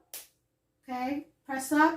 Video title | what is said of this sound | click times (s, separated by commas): My Journey With ESRD - My Setup For NxStage Cycler Using Hanging Bags & Red Sensor | So you're going to hear the clicks. Press down, | 0.1 s